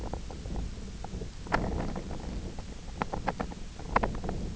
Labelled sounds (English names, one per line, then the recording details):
none
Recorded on Arctic tundra, site IGLO-F, on 24 June 2018
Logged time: 20:00